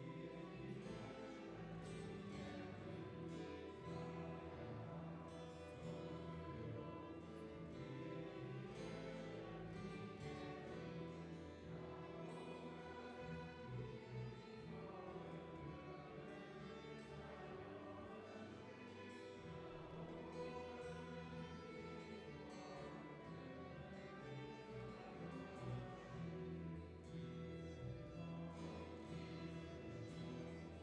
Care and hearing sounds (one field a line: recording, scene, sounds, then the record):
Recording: everyday scene through a hearing-aid microphone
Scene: reverberant space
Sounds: music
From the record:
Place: church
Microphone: behind the ear, right, rear